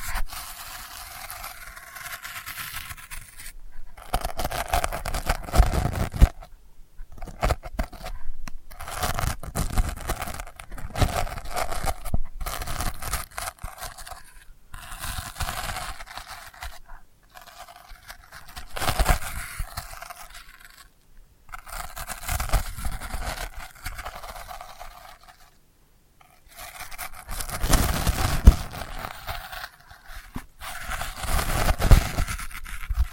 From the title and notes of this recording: ASMR Delicate Scratching for Sleep (No Talking).